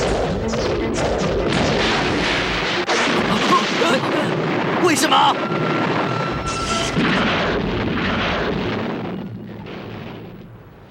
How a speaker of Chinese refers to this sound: 武装商船的后面有两艘帝国舰。 什么？啊！ 帝国舰发炮。